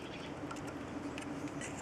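Someone handles the IMRC linkage rod for a Ford Duratec engine's intake manifold, showing the groove machined in its end that the snaps in the plastic bushing hold, before pressing it in. Faint handling taps sound at 0.5 s and 1.2 s over a steady low background noise. Nothing has seated or clicked yet.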